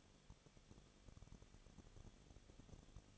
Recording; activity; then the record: daily activity, microphone in the room; no activity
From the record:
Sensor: 4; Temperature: 23.1 degrees Celsius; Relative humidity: 34.0%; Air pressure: 1007.1 hPa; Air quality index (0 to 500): 216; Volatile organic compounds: 15 ppm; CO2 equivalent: 2501 ppm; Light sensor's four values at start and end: 2/3/1/1 and 2/3/1/1